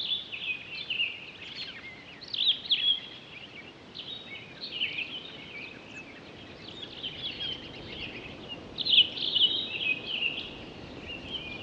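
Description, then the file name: Townsend's solitaire singing a long, rambling warbled song of quick high tumbling phrases with short pauses, over a soft steady hiss. Recorded 23 October 2011. "20111023 townsends-solitaire"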